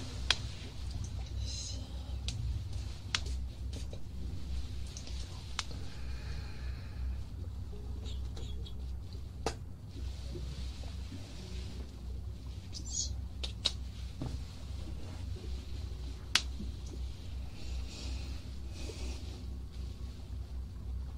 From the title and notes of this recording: ASMR Ear cleaning & Ear massage.